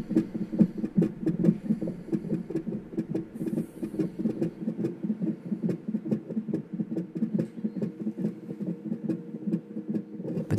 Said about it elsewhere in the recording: We could hear the baby's heartbeat through the monitor.